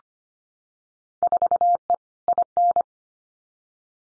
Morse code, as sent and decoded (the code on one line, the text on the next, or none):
....- . / .. -.
4E IN